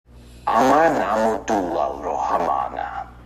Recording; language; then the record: elicited speech; Bengali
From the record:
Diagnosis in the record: Broca's or global aphasia after a stroke